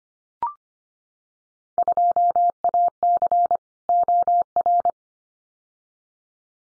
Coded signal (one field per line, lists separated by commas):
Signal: Morse code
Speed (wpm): 25 wpm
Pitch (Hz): 700 Hz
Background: none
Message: 2AC OR